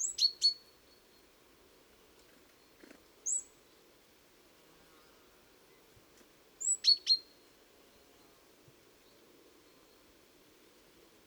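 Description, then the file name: Great tit calls: short, very high thin notes with quick downward sweeps, given in two clusters about six seconds apart, plus a lone note between. "Parus major"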